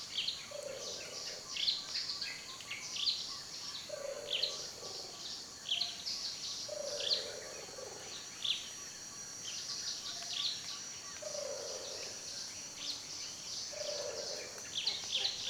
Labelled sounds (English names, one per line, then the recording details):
Olive-bellied Sunbird
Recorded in Kibale, Uganda